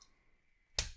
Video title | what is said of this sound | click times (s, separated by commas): Nemesis Reviews Transformers Studio Series 86 Springer | Like that. Click into place and everything. | 0.8 s